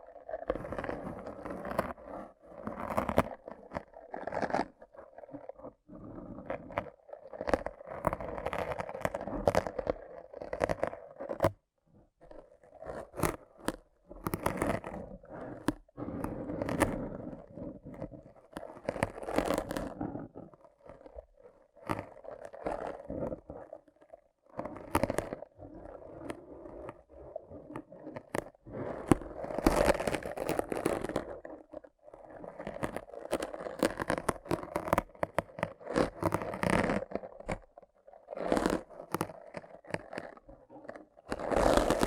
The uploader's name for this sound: Rough Brain Cleaning and Picking